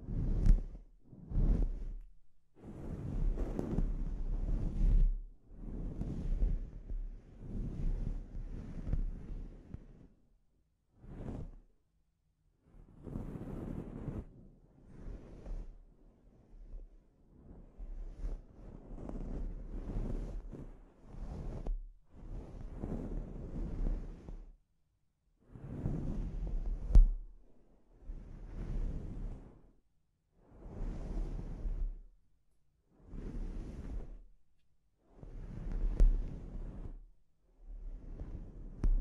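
Scalp treatment with repeated rubbing strokes, each a soft rushing burst lasting a second or two, separated by brief pauses, over low rumbling.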